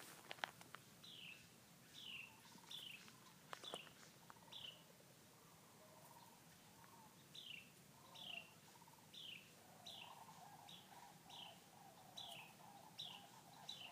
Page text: Documentation for the 116th Bosque del Apache (NM) CBC. Wren, Carolina. Sound recording of several dozen “cheer” calls